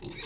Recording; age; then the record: pig call; weaner (32 to 43 days)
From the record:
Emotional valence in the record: negative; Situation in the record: long isolation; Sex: female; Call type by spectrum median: high-frequency call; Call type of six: high-frequency stable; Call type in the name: high-frequency stable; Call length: 0.27 s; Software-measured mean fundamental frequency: 377 Hz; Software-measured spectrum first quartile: 2430 Hz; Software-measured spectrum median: 5149 Hz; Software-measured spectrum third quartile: 7258 Hz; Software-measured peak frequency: 347 Hz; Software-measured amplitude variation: 116 dB a second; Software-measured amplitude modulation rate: 16.9 a second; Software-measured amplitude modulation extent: 6.9 dB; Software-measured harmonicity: 1.9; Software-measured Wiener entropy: -2.26